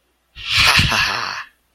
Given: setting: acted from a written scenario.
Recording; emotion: vocal sound without words; elation